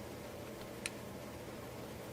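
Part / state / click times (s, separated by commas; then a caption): IC socket into printed circuit board / seated / 0.9 s. A plastic IC socket is squeezed against a printed circuit board while one solder joint is melted, and it snaps down flat with a single sharp click at 0.9 s over steady background hiss. A fainter tick sounds just before at about 0.6 s. The socket ends up seated tight against the board.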